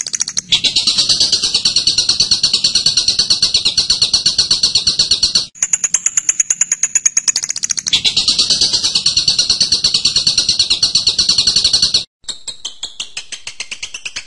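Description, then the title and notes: Bird singing a long harsh, buzzing trill of quick pulses, switching midway to a thinner, higher ticking series before the trill returns and ends in clipped chips. Birdsong used to train birds. "MASTERAN BURUNG. suarane manok"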